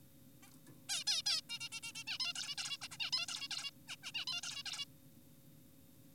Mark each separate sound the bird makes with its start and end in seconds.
0.43-0.50, 0.89-1.04, 1.07-1.22, 1.26-1.41, 1.50-1.59, 1.61-1.69, 1.72-1.80, 1.83-1.92, 1.95-2.04, 2.07-2.18, 2.20-2.33, 2.36-2.55, 2.58-2.77, 2.82-2.88, 2.92-2.97, 3.00-3.11, 3.13-3.26, 3.28-3.48, 3.51-3.70, 3.88-3.96, 4.03-4.12, 4.15-4.25, 4.28-4.41, 4.43-4.63, 4.66-4.85